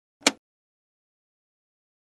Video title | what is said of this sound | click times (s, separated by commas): Résolution d'un bourrage papier - HP Deskjet 3050 All-in-One Printer | close the cleanout door and gently Push the door forward until it snaps into place | 0.3 s